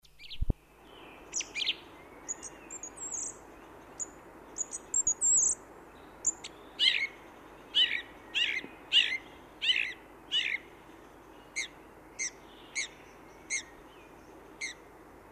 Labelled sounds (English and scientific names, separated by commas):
Song Thrush (Turdus philomelos) song